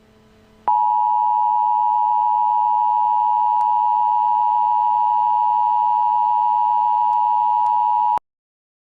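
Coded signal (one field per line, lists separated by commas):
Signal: Emergency Alert System (SAME) tones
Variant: 853 and 960 Hz attention tone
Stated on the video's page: Fictional analog horror EAS hurricane alert.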